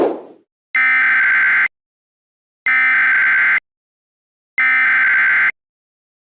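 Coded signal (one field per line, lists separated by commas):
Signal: Emergency Alert System (SAME) tones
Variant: header bursts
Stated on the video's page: Fictional EAS scenario; simulated alert tones.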